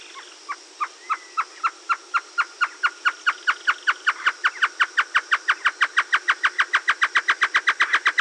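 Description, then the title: Great antshrike, a long run of short hooting notes that starts slowly and steadily accelerates. Subspecies Taraba major stagurus. "LuckyPassaro Completos2Sama. Great Antshrike"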